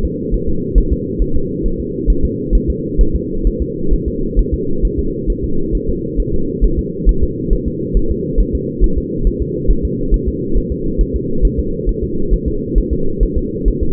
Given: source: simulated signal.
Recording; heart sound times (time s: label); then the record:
fetal heart sounds
0.05 s: S2
0.34 s: S1
0.49 s: S2
0.78 s: S1
0.93 s: S2
1.22 s: S1
1.36 s: S2
1.66 s: S1
1.80 s: S2
2.10 s: S1
2.25 s: S2
2.55 s: S1
2.70 s: S2
3.01 s: S1
3.16 s: S2
3.47 s: S1
3.62 s: S2
3.94 s: S1
4.08 s: S2
4.39 s: S1
4.54 s: S2
4.85 s: S1
4.99 s: S2
5.30 s: S1
5.44 s: S2
5.75 s: S1
5.89 s: S2
6.20 s: S1
6.34 s: S2
6.65 s: S1
6.79 s: S2
7.09 s: S1
7.23 s: S2
7.53 s: S1
7.68 s: S2
7.97 s: S1
8.11 s: S2
8.40 s: S1
8.55 s: S2
8.84 s: S1
8.98 s: S2
9.27 s: S1
9.42 s: S2
9.71 s: S1
9.85 s: S2
10.14 s: S1
10.28 s: S2
10.57 s: S1
10.72 s: S2
11.01 s: S1
11.16 s: S2
11.45 s: S1
11.59 s: S2
11.89 s: S1
12.04 s: S2
12.34 s: S1
12.48 s: S2
12.78 s: S1
12.93 s: S2
13.23 s: S1
13.38 s: S2
13.68 s: S1
13.83 s: S2
From the record:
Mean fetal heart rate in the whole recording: 135 bpm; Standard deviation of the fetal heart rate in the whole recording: 3 bpm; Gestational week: 36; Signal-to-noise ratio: -8.1 dB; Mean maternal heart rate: 72 bpm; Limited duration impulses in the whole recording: absent